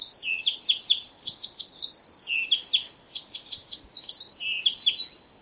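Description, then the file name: Blyth's reed warbler song: continuous varied phrases of clear whistled notes and buzzy chatter, some descending slurs, steady high warbling throughout. "buschrohrsaenger"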